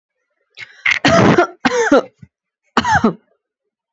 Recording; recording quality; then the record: heavy voluntary cough; excellent, no background noise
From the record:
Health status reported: healthy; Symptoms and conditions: none ticked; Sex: female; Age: 21 years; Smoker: not ticked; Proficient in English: yes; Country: India